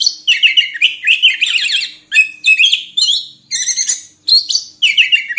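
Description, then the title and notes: Oriental magpie-robin singing continuously, mixing slurred whistles with harsh rattling phrases in quick repeated bursts. Song used for training caged birds to sing actively day and night. "Kacer Jadi Gacor Siang Malam. Isian Kacer Durasi Panjang"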